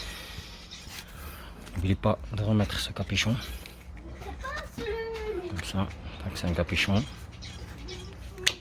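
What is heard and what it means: While refitting parts around the new automatic choke (starter) on a Burgman 125 scooter carburettor, a part is pushed home as someone talks. It gives one sharp, loud click at 8.5 s and is seated, clipped into place.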